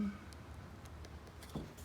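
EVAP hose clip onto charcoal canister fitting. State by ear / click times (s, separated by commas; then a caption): not seated / none. A new EVAP hose clip is handled at the charcoal canister fitting on a 2008 Jeep Patriot whose canister is being replaced because of constantly squeezing the gas pump. Faint handling rustles sit over a steady low hum, with a slightly louder soft bump near 1.6 seconds. Nothing has seated or clicked yet.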